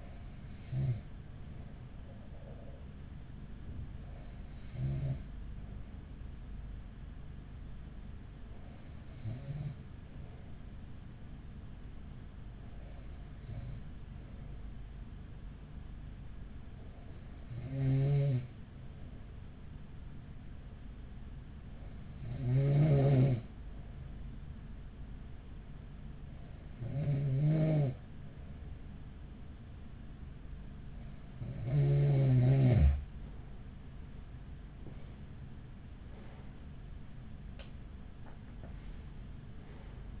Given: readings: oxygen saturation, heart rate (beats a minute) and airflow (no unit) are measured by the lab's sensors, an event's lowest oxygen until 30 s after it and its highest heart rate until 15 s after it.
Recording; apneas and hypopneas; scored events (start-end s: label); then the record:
breathing in sleep by a smartphone at the bedside; 1
6.00-36.00 s: new sleep stage, N2 (light sleep)
13.00-35.70 s: hypopnea (N2, oxygen 96% highest, then 95% lowest, heart rate 44 at the start, 58 highest)
36.00-40.20 s: new sleep stage, N1 (lightest sleep)
From the record:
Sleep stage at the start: N1 (lightest sleep); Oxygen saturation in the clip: 95 to 96%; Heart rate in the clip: 43 to 53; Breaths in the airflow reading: 10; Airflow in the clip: -7.1 to 9.7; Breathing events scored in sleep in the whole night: 207 in 7.6 hours asleep